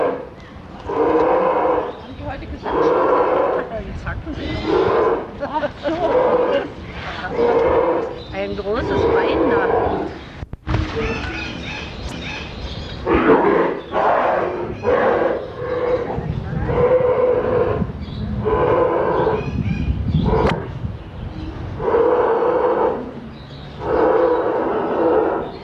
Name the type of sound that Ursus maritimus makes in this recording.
aggressive call